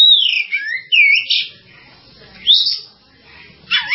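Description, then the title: Java sparrow song of loud, clear whistled sweeps in a few short phrases separated by quiet gaps. "kicau gelatik"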